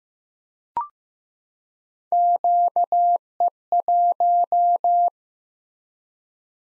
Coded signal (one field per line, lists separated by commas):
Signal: Morse code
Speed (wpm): 15 wpm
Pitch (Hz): 700 Hz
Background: none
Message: QE1